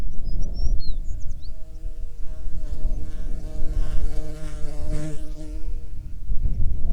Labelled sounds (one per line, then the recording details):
songbird
wind
insects
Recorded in the Prudhoe Bay oil fields, Alaska, on 9 June 2019 at 16:32
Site 21